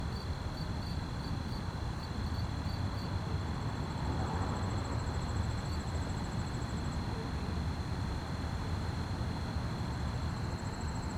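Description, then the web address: Crickets pulse quickly at first, then settle into a steady high tone, with thin high trills drifting in and out above a low droning background. Fast-chirping crickets at night on a quiet street, with distant activity and slight wind; stereo. "GDC 2017-Game Audio Bundle Articulated Sounds - Quiet Streets QUIET STREET Night fast chirp crickets, distant activities, slight wind"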